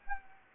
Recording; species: mosquito wingbeat signal from an infrared sensor; Anopheles arabiensis